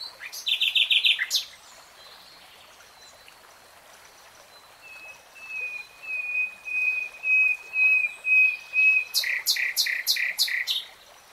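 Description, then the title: Nightingale song: a quick burst of rich notes, then slow pure whistles swelling in a repeated series, closing with loud staccato chips. Real-time recording, not slowed. "[Tiếng chim hót] Nightingale Singing"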